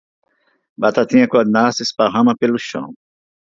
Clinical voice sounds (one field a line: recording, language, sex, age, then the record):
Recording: short text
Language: Brazilian Portuguese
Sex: male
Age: 50 to 59 years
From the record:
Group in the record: control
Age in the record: 57 years